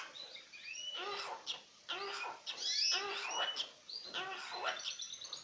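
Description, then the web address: Australian king parrot chatter: repeated bursts of harsh, stacked notes in quick clusters, with thin whistled upslurs between them. Recorded 16 January 2019. "parrots alisterus-scarularis"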